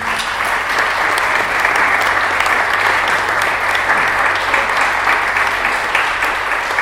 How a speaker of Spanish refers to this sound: Un aplauso ahora que está ahí.